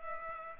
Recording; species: mosquito wingbeat signal from an infrared sensor; Culex pipiens